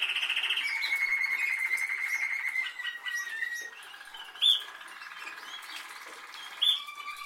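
Canary song of rapid trills, one slowly sliding downward, then softer lower rolls with a few sharp high notes.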